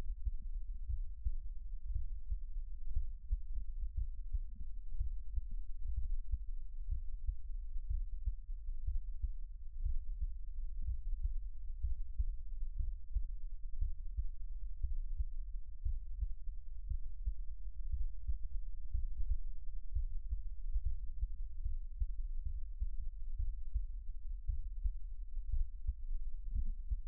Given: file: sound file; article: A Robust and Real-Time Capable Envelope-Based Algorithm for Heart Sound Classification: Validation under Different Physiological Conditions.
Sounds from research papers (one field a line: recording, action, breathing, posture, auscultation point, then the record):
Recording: heart sounds by electronic stethoscope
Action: rest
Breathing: normal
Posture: lying on right side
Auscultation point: Erb’s point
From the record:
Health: healthy, no known heart disease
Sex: male